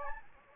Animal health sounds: mosquito wingbeat signal from an infrared sensor; Anopheles gambiae

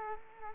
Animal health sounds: mosquito wingbeat signal from an infrared sensor; Culex quinquefasciatus

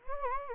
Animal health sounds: mosquito wingbeat signal from an infrared sensor; Anopheles gambiae

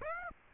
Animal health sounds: mosquito wingbeat signal from an infrared sensor; Aedes aegypti

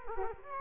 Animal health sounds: mosquito wingbeat signal from an infrared sensor; Culex quinquefasciatus

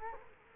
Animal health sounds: mosquito wingbeat signal from an infrared sensor; Culex quinquefasciatus

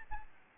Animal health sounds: mosquito wingbeat signal from an infrared sensor; Aedes albopictus

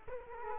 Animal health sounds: mosquito wingbeat signal from an infrared sensor; Culex quinquefasciatus

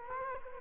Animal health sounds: mosquito wingbeat signal from an infrared sensor; Culex quinquefasciatus

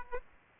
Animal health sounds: mosquito wingbeat signal from an infrared sensor; Aedes aegypti

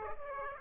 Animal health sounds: mosquito wingbeat signal from an infrared sensor; Aedes aegypti

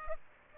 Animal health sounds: mosquito wingbeat signal from an infrared sensor; Aedes aegypti

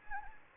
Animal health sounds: mosquito wingbeat signal from an infrared sensor; Anopheles gambiae

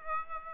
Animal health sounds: mosquito wingbeat signal from an infrared sensor; Aedes aegypti

